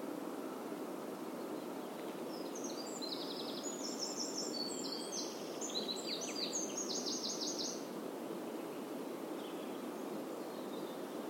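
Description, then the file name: Eurasian wren singing a fast, high-pitched burst of buzzy trills and piercing notes lasting several seconds, then stopping, with constant rushing noise underneath. "Troglodytes troglodytes"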